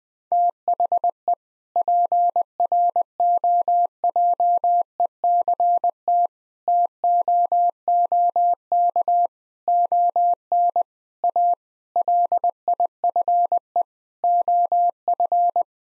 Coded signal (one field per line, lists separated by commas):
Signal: Morse code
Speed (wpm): 20 wpm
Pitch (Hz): 700 Hz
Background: none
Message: THE PROJECT TOOK ON A LIFE OF